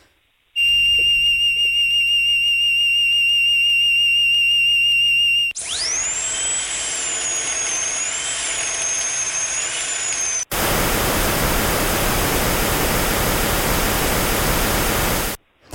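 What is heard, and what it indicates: Three simulated tinnitus sounds play in a row: a steady high beep over a low hum, then a wavering, very high whistle, then a loud, even hiss. Tinnitus is most often a beep or a hiss, more often in the high-frequency range, linked to hearing loss, though it can be almost any sound.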